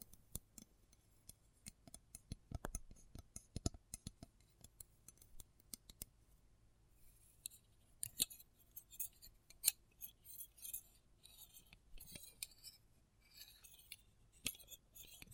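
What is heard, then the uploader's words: Close up metallic sounds: sharp clicks and taps come in quick irregular bursts, dense through the first six seconds. After that the taps thin out, mixed with brighter scraping and clinking hisses, with louder clacks around eight, ten and twelve seconds. ASMR Close Up Metallic Sounds (No Talking).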